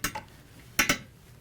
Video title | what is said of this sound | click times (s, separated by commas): ECO-BLUE VIDEO DISASSEMBLY | you should hear them snap through the vein and then | 0.0 s, 0.8 s